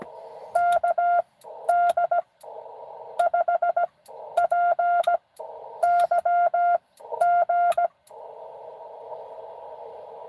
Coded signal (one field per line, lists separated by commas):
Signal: Morse code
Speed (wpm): 15 wpm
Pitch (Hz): 690 Hz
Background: none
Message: KD5PYG